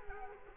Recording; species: mosquito wingbeat signal from an infrared sensor; Culex quinquefasciatus